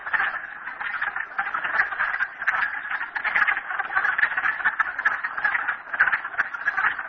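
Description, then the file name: Massed frog calls, quick pulsed trills overlapping into a steady rattling chorus that swells and fades a little. Recorded at Merryspring. "frogs merryspring 42008"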